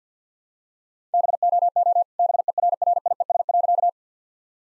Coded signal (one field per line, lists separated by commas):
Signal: Morse code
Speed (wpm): 50 wpm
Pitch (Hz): 700 Hz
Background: none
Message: BOO BERRIES.